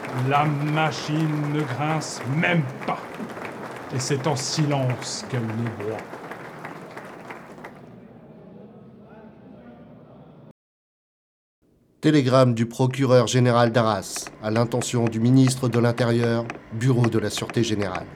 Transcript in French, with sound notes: la machine ne grince même pas et c’est en silence qu’elle le broie. [Voix d'acteur] Télégramme du procureur général d'Arras à l'intention du ministre de l'Intérieur, bureau de la Sûreté générale.